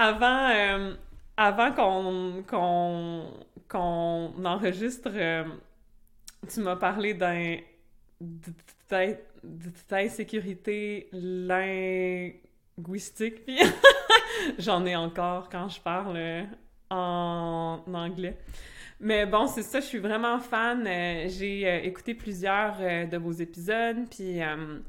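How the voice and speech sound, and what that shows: An adult woman who stutters speaks French, with repeated syllables at the start of phrases ("avant… kon… kon") and several sustained, stretched sounds, broken by tense pauses. These part-word repetitions and prolongations interrupt otherwise fluent speech.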